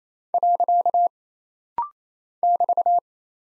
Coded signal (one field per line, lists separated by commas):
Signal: Morse code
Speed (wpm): 28 wpm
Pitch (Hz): 700 Hz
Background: none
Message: . <BT>